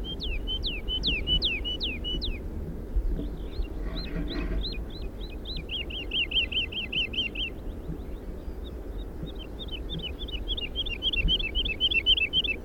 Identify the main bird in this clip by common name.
Wood Lark